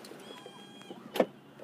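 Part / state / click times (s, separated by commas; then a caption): anti-theft steering lock on a car steering wheel / seated / 1.2 s. An anti-theft steering lock is fitted onto a car's steering wheel and pushed until it locks. A faint whine and soft handling noises come first, then a sharp click at 1.2 s shows the lock has locked, followed by a smaller knock near the end.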